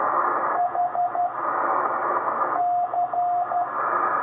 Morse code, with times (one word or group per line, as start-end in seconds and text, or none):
0.6-1.3 H
2.6-3.6 C